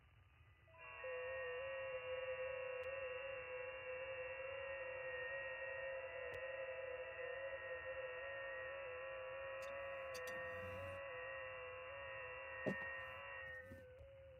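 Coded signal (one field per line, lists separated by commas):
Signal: FT8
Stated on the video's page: Live FT8 operation.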